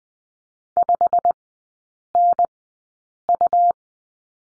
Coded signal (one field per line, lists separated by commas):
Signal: Morse code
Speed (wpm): 19 wpm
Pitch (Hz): 700 Hz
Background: none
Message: 5NU